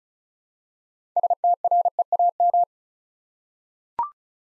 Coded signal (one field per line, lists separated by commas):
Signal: Morse code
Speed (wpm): 36 wpm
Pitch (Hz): 700 Hz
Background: none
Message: STREAM